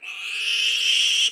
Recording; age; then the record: pig call; piglet (1 to 25 days)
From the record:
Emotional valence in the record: negative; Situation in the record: restrain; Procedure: in the arms of a person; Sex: male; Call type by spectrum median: high-frequency call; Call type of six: high-frequency stable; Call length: 1.31 s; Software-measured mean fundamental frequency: 443 Hz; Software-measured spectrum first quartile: 2887 Hz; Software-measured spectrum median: 3221 Hz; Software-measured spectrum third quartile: 4450 Hz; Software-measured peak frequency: 3113 Hz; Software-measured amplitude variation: 99 dB a second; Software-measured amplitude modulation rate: 30.1 a second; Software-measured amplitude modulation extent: 3.3 dB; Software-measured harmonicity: 7.1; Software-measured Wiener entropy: -3.48